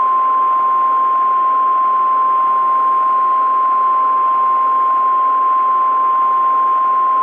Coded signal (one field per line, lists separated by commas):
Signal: Emergency Alert System (SAME) tones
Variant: 1050 Hz attention tone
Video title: Hidden In The Frost [EAS Scenario / Analog Horror] (#12 - Fall Brawl Special)